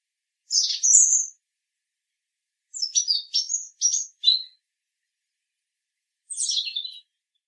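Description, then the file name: European robin song: a high, thin warbled phrase, then a group of four or five short bright phrases and a final phrase falling in pitch. "Erithacus rubecula"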